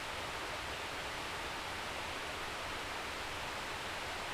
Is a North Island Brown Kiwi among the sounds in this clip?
no